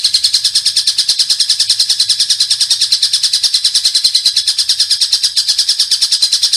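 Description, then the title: Oriental magpie-robin giving a continuous high-pitched chattering song of rapid, evenly pulsed notes throughout. "Kicau Kacer"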